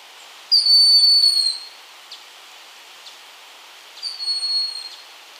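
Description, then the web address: Broad-winged hawk calls twice: a long, thin, high whistle that drops slightly at the end, then a fainter, similar whistle a few seconds later. Ecuador. "Birds of Ecuador. Broad-winged Hawk"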